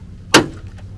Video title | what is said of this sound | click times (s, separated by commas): Giving My Drift E36 Hot Boi Ricer Mods! | snapped in place I'll still sell some zip ties on there just in case but | 0.3 s